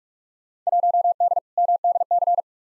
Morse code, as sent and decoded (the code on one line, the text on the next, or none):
.---- -.. / -- -.. -.-.
1D MDC